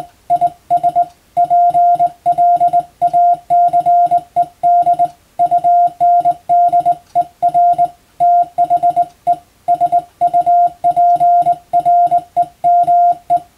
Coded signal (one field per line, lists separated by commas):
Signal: Morse code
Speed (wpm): 21 wpm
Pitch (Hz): 700 Hz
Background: music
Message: IS PLACED UNDER THE SUPREME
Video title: 無線従事者国家試験総合無線通信士電気通信術のトレーニングにＣＷを打ってみました。アマチュア無線ハムの受信練習にもどうぞ(morse code practice for radio operator )